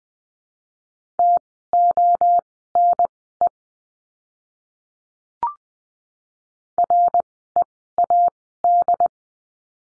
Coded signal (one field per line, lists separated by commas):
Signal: Morse code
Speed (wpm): 20 wpm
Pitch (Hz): 700 Hz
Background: none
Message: TONE READ